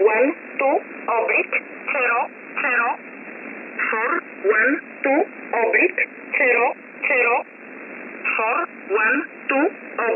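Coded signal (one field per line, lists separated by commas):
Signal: numbers station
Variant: E11 Oblique, English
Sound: synthetic-sounding voice repeating "four one two oblique zero zero" in short evenly spaced words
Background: radio static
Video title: 10 05 2021 Number station E11 Oblique in English to Eu 0450 on 7469 unknown tx site in USB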